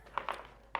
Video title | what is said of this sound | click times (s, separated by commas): COMHOMA Criss Cross Chair, soft, comfortable and wide seat! #chair #officeequipment #officechair | so now we've got that in we're just going to take our wheels and they're just going to snap right into place on the bottom of here | 0.2 s, 0.3 s, 0.8 s